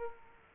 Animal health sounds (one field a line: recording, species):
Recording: mosquito wingbeat signal from an infrared sensor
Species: Culex quinquefasciatus